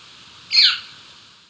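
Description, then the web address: Tawny antpitta: a single short note that falls in pitch. Ecuador. "Natures Songs S America Birds of Ecuador Tawny Antpitta"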